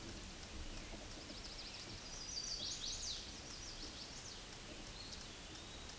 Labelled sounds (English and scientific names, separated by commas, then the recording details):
Chestnut-sided Warbler (Setophaga pensylvanica) song
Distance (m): 35 m
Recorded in a Pennsylvania forest on 18 May 2023 at 06:20
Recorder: AudioMoth, point grid1_24_low
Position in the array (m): 120 m, 209 m